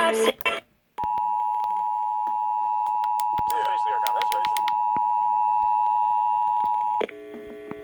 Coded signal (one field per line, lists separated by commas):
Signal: Emergency Alert System (SAME) tones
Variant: 853 and 960 Hz attention tone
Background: speech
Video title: Georgia Monthly's (EAS #483 - #487)